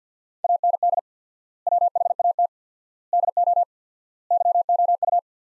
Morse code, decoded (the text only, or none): AND WHAT DO YOU